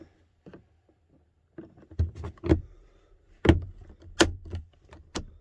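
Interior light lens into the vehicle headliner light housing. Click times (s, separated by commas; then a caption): 4.2 s. The plastic lens of a map/dome light on a 5th gen 4Runner (2010–2022), part of an LED interior light install, is pressed back into the headliner housing, back side first. A series of sharp plastic taps and clicks follows as it is worked into place, and the lens snaps in with a crisp click at 4.2 s, seating it.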